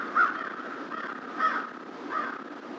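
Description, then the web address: American crow cawing, three or four hoarse caws spaced about half a second to a second apart, over faint background hiss. Recorded on 2 March 2010. "2010 03 02 American Crow"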